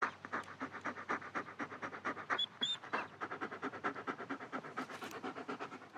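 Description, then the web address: German Shepherd dog panting in rapid, steady breaths throughout, with a brief high squeak near the middle. Breathing and panting. "Big Room Sound Dog German Shepherd"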